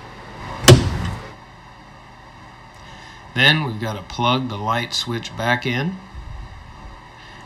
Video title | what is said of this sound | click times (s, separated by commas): Ford Windshield Rear View Mirror Removal #howto | just put it underneath and above and clamp it together and you should hear a click | 0.7 s